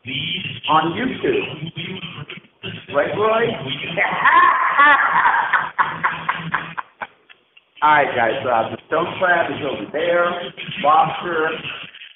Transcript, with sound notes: on YouTube right Roy? (audible crazy laughter)
Alright guys, stone crab is over there, lobster,